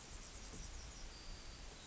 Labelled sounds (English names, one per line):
Yellowhammer song